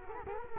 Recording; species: mosquito wingbeat signal from an infrared sensor; Culex quinquefasciatus